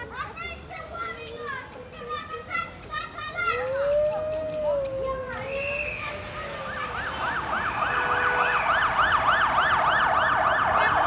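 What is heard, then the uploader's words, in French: City traffic rumbles steadily underneath while short rapid chirps and bird-like calls sound through the first half. Around four seconds a siren begins, sliding up and down, and from about six seconds it switches to a fast, warbling wail that grows louder to the end. Carte postale sonore de Bucarest. Mix : Samuel Hirsch - Réalisation : Jean-Baptiste Fribourg. La circulation, les klaxons, les enfants, les grandes artères et la campagne à deux pas.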